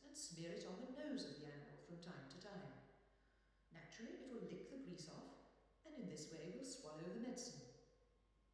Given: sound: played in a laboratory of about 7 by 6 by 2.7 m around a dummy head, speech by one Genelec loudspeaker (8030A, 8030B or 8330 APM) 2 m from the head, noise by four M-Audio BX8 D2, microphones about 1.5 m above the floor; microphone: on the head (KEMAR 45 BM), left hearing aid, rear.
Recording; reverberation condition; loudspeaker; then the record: female speech in English; high; behind (180 degrees)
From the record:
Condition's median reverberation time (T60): about 1300 ms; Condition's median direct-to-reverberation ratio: about -4.0 dB